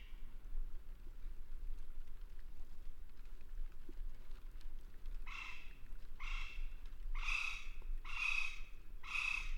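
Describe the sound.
West Indian woodpecker calls: a series of five harsh, rasping notes repeated about once a second over a low background rumble.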